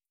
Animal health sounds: hydrophone in a shrimp aquaculture tank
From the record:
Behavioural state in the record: starved

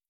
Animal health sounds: hydrophone in a shrimp aquaculture tank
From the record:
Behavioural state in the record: starved

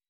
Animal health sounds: hydrophone in a shrimp aquaculture tank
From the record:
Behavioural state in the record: weakened

